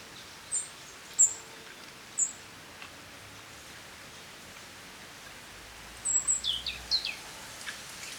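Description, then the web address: European robin, a few scattered very high, thin short notes, then a quick cluster of similar high notes near the end, over steady hiss. "SETE data Erithacus rubecula"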